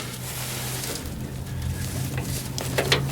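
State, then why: Not seated. During a Cummins OEM Severe Duty filter kit install, a line is handled as it is pushed back toward its plastic holder clip at the front. A steady low hum and rustling handling noise fill the clip, with a brief sharp tick near 2.9 s. Nothing has seated or clicked yet.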